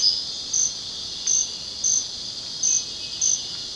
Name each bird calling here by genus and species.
none